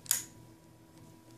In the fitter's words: there's these little knobs right here you hear that click and then